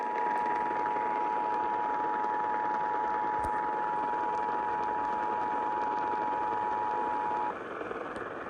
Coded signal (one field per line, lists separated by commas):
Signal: Emergency Alert System (SAME) tones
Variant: 853 and 960 Hz attention tone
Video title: Round 2 (EAS Alerts from 1/10/23) (EAS #725-729)